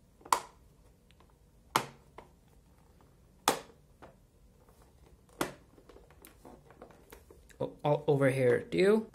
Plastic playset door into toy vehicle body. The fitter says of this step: so they just click into place